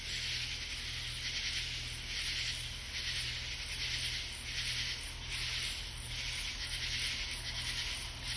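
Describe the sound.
Katydid calls as repeated harsh scraping bursts about every second, over a steady hiss and faint low hum.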